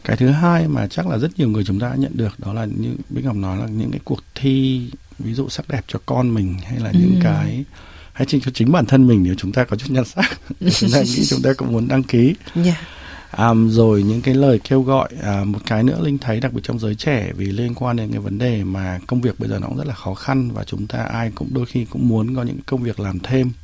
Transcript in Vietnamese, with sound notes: Cái thứ hai mà chắc là rất nhiều người chúng ta đã nhận được, đó là như Bích Ngọc nói là những cái cuộc thi, ví dụ sắc đẹp cho con mình hay là những cái, hay cho chính bản thân mình nếu chúng ta có chút nhan sắc [tiếng cười] Chúng ta cũng muốn đăng ký. Ừm, rồi những cái lời kêu gọi-- À, một cái nữa Linh thấy đặc biệt trong giới trẻ vì liên quan đến cái vấn đề mà công việc bây giờ nó cũng rất là khó khăn và chúng ta ai cũng đôi khi cũng muốn có những công việc làm thêm.